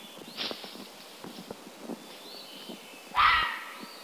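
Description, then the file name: Fisher sound: soft rustles and taps for three seconds, then one sudden harsh raspy scream near the end. "Fisher cat sound"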